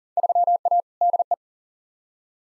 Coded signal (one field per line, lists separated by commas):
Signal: Morse code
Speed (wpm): 40 wpm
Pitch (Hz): 700 Hz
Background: none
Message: 3A DE